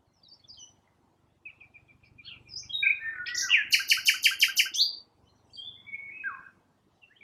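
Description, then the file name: Common nightingale song: soft notes building into a loud rapid series of repeated harsh notes, then a falling whistled phrase. "Luscinia megarhynchos"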